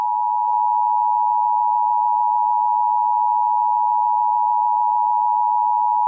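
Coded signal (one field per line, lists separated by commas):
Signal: Emergency Alert System (SAME) tones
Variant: 853 and 960 Hz attention tone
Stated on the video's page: Fictional EAS scenario, not a real alert.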